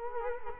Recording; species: mosquito wingbeat signal from an infrared sensor; Culex quinquefasciatus